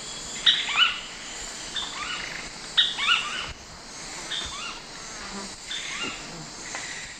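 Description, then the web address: Ruddy Spinetail song: two clear bursts of high chirps followed by fainter similar phrases, over a constant high background hum. Two birds singing; recorded in the eastern lowlands of South America. "Natures Songs S America Eastern Lowlands. Synallaxis rutilans, songs 2 birds"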